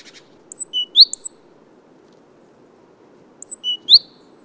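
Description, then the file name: Great tit calls: two short phrases, each of three or four sharp, high whistled notes, about three seconds apart, with a faint buzzy rattle at the start. "Parus major"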